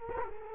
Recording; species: mosquito wingbeat signal from an infrared sensor; Culex quinquefasciatus